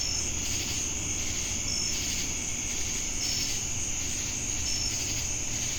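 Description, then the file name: Crickets produce a steady piercing trill, with a few clear short chirps spaced about one and a half seconds apart and an undulating insect buzz. Crickets heard together with cicadas in Jamestown, North Carolina, USA, on 10 August 2018. "Crickets And Sacadas Jamestown NC August-10-2018"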